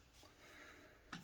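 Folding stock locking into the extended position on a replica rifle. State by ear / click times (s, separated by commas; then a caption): seated / 1.1 s. A metal folding stock on a demilled replica blaster is pulled out until it locks in its extended position. A faint sliding rustle is heard, then a single sharp click at 1.1 seconds as the stock locks into place.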